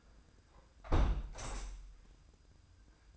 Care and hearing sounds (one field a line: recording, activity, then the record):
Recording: daily activity, microphone in the room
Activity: close window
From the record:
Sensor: 2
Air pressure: 990.2 hPa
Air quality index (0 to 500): 194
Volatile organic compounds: 1000 ppm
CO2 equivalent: 6178 ppm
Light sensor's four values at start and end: 23/54/22/22 and 24/56/22/22